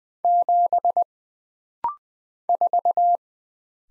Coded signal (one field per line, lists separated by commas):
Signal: Morse code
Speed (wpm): 20 wpm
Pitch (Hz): 700 Hz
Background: none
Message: 7 4